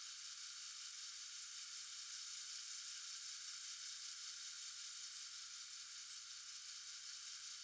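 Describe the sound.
Common dolphin whistles, several overlapping high sweeping tones that rise and fall repeatedly over a steady hiss.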